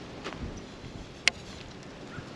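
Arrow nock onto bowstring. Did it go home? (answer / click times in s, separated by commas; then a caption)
yes / 1.3 s. A plastic nock on a carbon arrow is snapped onto a bowstring, giving a single sharp, bright click at 1.3 s against a quiet background with a faint soft tap near 0.3 s. The nock seats on the string with a clear click.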